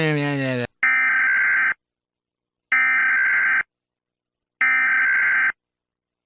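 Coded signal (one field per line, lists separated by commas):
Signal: Emergency Alert System (SAME) tones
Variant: header bursts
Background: speech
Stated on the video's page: Fictional tornado alert scenario set in a Roblox game.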